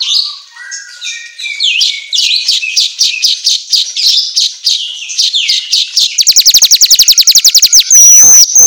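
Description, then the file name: Asian golden weaver song: soft notes open into scratchy chattering phrases, then a fast even rattle of clicks and a thin whistled tone near the end. Meant for training songbirds to sing vigorously ('auto gacor'). "Suara Kicau Manyar Kepala Emas Auto Gacor"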